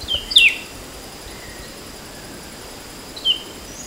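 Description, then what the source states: Temminck's babbler calling with a pair of sharp high chirps at the start, then a single brief note near the end, against a steady background hiss. Recorded on 14 August 2009.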